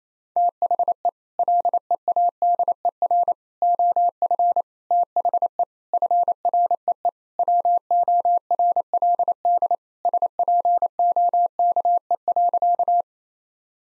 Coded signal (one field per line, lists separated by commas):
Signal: Morse code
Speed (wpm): 28 wpm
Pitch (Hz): 700 Hz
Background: none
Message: THE LEADER OF THE FREE WORLD SPOKE.